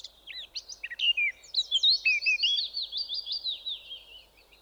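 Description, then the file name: Eurasian blackcap song: scratchy notes at the start, then a run of rhythmic, bouncing slurred phrases. "Sylvia atricapilla"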